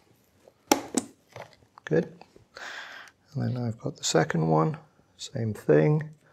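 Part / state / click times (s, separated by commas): RAM module into motherboard memory slot / not seated / none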